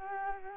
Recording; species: mosquito wingbeat signal from an infrared sensor; Culex quinquefasciatus